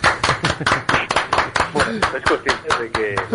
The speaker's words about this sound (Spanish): Para la audiencia de Radio Betis. ¡Un aplauso!